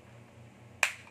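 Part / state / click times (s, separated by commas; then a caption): detachable mount piece into bike phone holder / seated / 0.8 s. A detachable mount piece that came off a plastic bike phone holder is pushed back into the holder. A sharp click at 0.8 s marks it locking in, followed by a fainter tick at 1.1 s over a low steady hum. The piece is confirmed locked in place.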